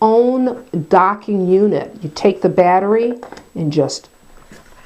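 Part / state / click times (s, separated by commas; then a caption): cordless drill battery into charging dock / not seated / none. Someone talks while handling a cordless drill battery next to its charging dock, about to push it in. Near the end, faint soft handling noises are heard under the voice. The clip stops before the battery goes into the dock, so nothing has seated or clicked yet.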